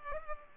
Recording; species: mosquito wingbeat signal from an infrared sensor; Culex pipiens